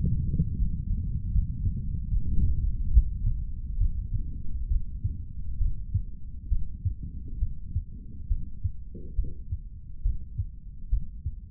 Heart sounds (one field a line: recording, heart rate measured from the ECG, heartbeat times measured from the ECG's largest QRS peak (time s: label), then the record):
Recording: heart sounds by stethoscope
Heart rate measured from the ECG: 70 bpm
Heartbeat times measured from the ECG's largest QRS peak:
0.55 s: heartbeat
1.32 s: heartbeat
2.09 s: heartbeat
2.91 s: heartbeat
3.78 s: heartbeat
4.68 s: heartbeat
5.58 s: heartbeat
6.49 s: heartbeat
7.39 s: heartbeat
8.28 s: heartbeat
9.16 s: heartbeat
10.03 s: heartbeat
10.90 s: heartbeat
From the record:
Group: healthy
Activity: breath hold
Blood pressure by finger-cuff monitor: 103/74 mmHg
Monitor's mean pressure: 84 mmHg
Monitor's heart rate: 69 bpm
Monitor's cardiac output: 3.3 L/min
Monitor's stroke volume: 48 mL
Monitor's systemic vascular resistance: 1800 dyn s/cm5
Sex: male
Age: 55 years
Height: 167 cm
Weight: 57.2 kg